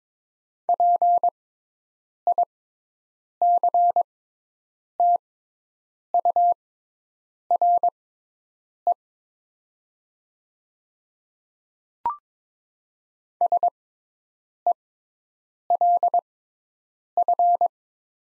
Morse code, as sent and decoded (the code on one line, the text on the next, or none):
.--. .. -.-. - ..- .-. . / ... . .-.. ..-.
PICTURE SELF